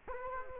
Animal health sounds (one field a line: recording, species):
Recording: mosquito wingbeat signal from an infrared sensor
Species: Culex quinquefasciatus